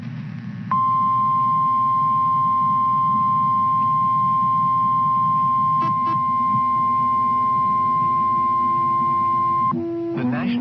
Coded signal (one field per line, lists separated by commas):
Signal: Emergency Alert System (SAME) tones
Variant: 1050 Hz attention tone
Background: speech